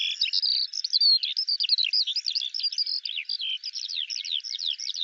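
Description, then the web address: Eurasian skylark song, hurried and continuous, mixing high buzzy notes, quick chirps and short whistled slurs in a steady flow, with no other sounds. "Deverinetal 2025 File cleaned normalized Bird Al Ar"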